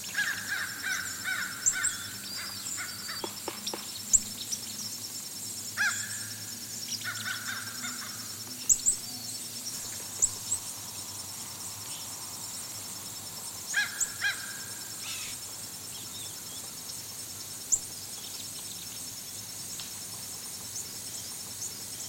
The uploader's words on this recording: On the outer banks. Fish crows become inquisitive and call to each other as yellow jumped warblers and white throated sparrows sing nearby. The gentle insects calling and the foraging of woodpeckers.